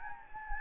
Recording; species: mosquito wingbeat signal from an infrared sensor; Anopheles gambiae